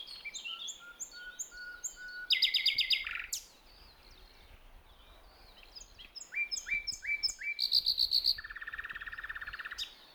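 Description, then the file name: Common nightingale singing varied phrases: soft descending whistles, a loud rapid rattling trill, a silent pause, then rising piped notes and a dense buzzy trill. "Luscinia megarhynchos"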